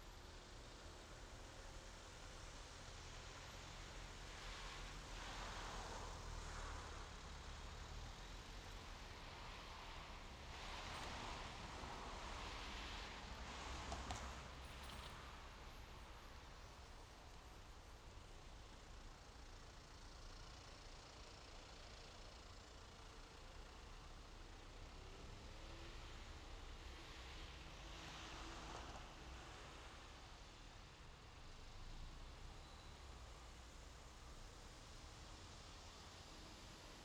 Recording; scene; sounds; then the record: everyday scene through a hearing-aid microphone; in traffic; traffic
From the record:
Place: main road on the outskirts, rush hour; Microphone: in the ear canal, left